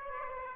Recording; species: mosquito wingbeat signal from an infrared sensor; Aedes aegypti